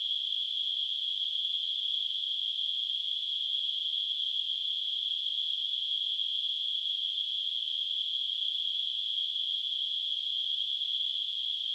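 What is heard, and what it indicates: Simulated tinnitus: a steady, unchanging band of hissing noise centered near 3 kHz, with nothing in the low frequencies, holding at a constant level throughout.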